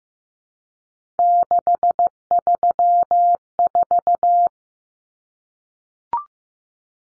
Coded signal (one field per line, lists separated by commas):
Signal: Morse code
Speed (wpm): 15 wpm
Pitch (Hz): 700 Hz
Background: none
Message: 634